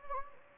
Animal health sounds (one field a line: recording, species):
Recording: mosquito wingbeat signal from an infrared sensor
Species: Anopheles gambiae